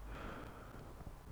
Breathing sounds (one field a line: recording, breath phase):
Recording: one breath near a microphone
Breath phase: inhalation